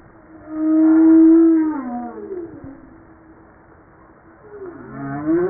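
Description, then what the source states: Humpback whale song: a long steady moan that slides downward at its end, followed by a rising upswept cry. Recorded on 5 March 1994.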